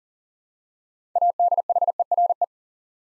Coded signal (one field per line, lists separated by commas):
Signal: Morse code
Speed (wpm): 39 wpm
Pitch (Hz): 700 Hz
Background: none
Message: ADHERE